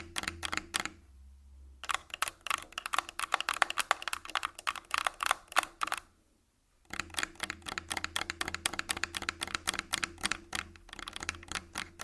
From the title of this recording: Tascam Full Body Tapping & Scratching